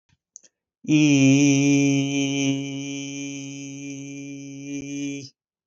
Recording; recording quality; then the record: sustained vowel as in beet; excellent, no background noise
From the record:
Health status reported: healthy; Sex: male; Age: 25 years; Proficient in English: yes